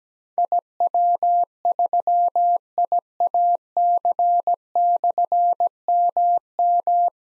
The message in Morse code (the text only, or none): IW3IAC/MM